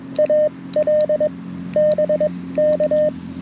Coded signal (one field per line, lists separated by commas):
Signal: Morse code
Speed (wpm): 21 wpm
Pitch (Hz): 1800 Hz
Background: radio noise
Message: AL BK